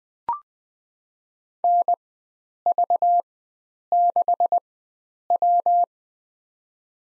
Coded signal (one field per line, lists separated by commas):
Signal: Morse code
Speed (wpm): 20 wpm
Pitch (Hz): 700 Hz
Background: none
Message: NV6W